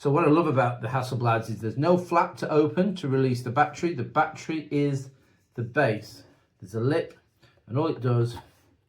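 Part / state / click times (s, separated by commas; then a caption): camera battery into medium-format camera body / not seated / none. A Hasselblad X2D II medium-format camera is handled while someone talks about its battery, which forms the base of the body and has a lip so it clips in with no flap to open. The battery has not been pushed home yet and nothing has seated or clicked in this clip.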